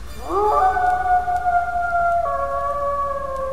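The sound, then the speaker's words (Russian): An eerie, drawn-out howl from somewhere below a lighthouse rises steeply at the start, then holds a loud, steady, tonal wail before dropping slightly lower in pitch and sustaining on. No voices accompany it. “Где-то внизу маяка раздался вой.”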